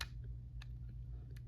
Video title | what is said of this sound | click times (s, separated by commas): DX Galaxy King and Dragon Emperor Dual Review Pt 1 | It locks into place be before it comes out of the mouth. | 0.0 s